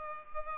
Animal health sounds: mosquito wingbeat signal from an infrared sensor; Culex pipiens

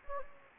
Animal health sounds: mosquito wingbeat signal from an infrared sensor; Anopheles gambiae

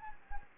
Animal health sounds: mosquito wingbeat signal from an infrared sensor; Anopheles gambiae

